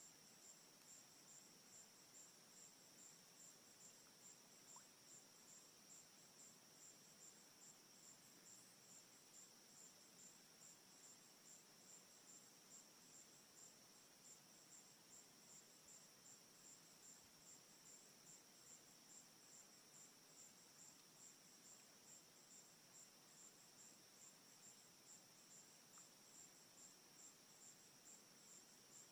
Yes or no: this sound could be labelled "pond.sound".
yes